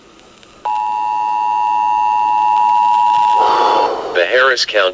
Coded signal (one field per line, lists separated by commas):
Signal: Emergency Alert System (SAME) tones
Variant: 853 and 960 Hz attention tone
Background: speech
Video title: (SAFE) Missouri Statewide Amber Alert On KSIV-FM 2/27/2024 ( EAS #2,349)